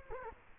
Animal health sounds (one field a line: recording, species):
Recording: mosquito wingbeat signal from an infrared sensor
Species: Culex quinquefasciatus